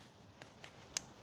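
A screwdriver is pushed into the small release hole on the wiring connector on the brake fluid reservoir cap of a VW Caddy Mk4. Two faint ticks at 0.4 s and 0.6 s are followed by a sharper, louder click at 1.0 s against a quiet background. That click is the plastic latch releasing, and the connector then pulls off.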